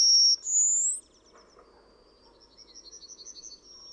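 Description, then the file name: Yellowhammer song: a long high note and a rising slurred note, a pause, then a rhythmic run of repeated chips ending on a drawn-out tone. "TRZNADEL"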